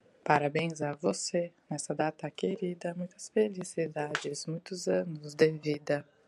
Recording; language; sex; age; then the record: short text; Brazilian Portuguese; female; 30 to 39 years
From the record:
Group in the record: control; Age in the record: 37 years